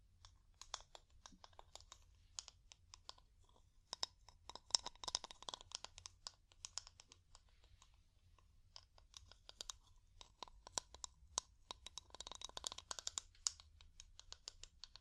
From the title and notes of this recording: ASMR Calming Wood Tapping (No Talking).